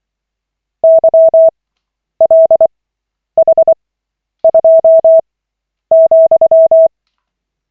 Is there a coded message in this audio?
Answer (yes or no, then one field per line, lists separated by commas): yes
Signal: Morse code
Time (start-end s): 0.8-6.9 s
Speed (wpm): 24 wpm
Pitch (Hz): 650 Hz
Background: none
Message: YLH2,